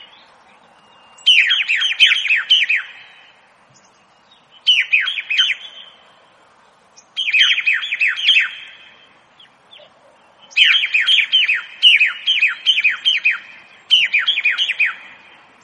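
Birdsong comes in repeated bursts of quick, bright chirps and trills, each lasting one to two seconds, with short silent gaps between them. About six phrases are heard across the clip, the later ones following closely in a run. The background stays quiet.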